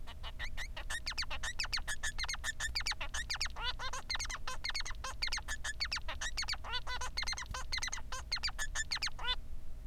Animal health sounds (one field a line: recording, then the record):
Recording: song of a male Bengalese finch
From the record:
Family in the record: son of father 3